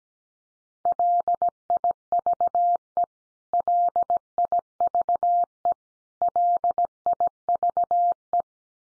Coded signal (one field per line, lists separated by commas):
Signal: Morse code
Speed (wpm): 17 wpm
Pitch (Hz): 700 Hz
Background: none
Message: LIVE LIVE LIVE